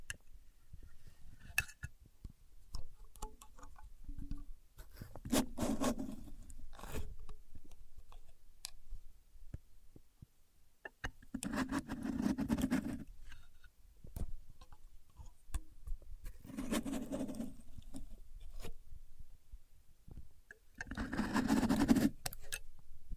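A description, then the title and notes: A contour gauge being used, with bursts of rough scraping and rattling sliding pins around 5–7, 11–13, 16–18 and 21–23 seconds. Between these, quieter clicks, taps and faint handling sounds fill the gaps. The louder bursts carry a hissy, clattering edge. Using A Contour Gauge (No Talking).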